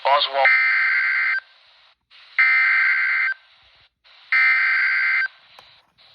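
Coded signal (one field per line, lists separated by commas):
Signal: Emergency Alert System (SAME) tones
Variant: header bursts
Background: speech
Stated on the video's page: Tornado Warning on NOAA weather radio transmitter in Rock Hill, SC, 162.425 MHz, received about 32 miles away on Midland WR-120, WR-400 and RadioShack 12-254 weather radios.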